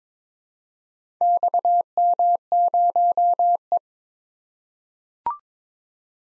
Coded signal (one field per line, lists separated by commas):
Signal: Morse code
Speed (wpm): 22 wpm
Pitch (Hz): 700 Hz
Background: none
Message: XM0E